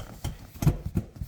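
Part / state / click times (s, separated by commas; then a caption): rear seat base into car floor clips / seated / 0.2 s, 0.6 s. The rear seat base of a Tesla Model 3 Long Range is pushed down into the car floor clips. Sharp clicks at 0.3 s and 0.6 s are followed by softer knocks near 1.0 s and 1.2 s, and the seat base is clicked into place.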